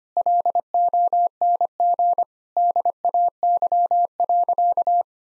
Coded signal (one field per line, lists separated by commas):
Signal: Morse code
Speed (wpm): 25 wpm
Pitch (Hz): 700 Hz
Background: none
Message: LONG DAY.